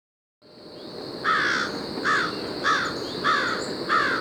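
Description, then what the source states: American crow mobbing calls: five harsh, hoarse caws over a steady high insect drone. A few crows mobbing a raccoon at the top of a tree, Brenton Point State Park, Newport County, Rhode Island, about 7:30 a.m., September 24, 2017.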